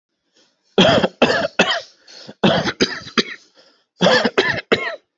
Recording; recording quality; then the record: heavy voluntary cough; excellent, no background noise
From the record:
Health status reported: healthy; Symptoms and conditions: none ticked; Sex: male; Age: 29 years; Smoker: not ticked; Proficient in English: yes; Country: India